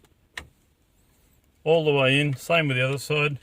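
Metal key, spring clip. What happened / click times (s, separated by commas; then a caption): The metal key clicked into its slot / 0.4 s. A metal stereo removal key is pushed into the release hole beside a car stereo head unit and gives a sharp click at 0.4 s as it seats all the way in and engages the retaining clip. After a quiet pause, someone talks.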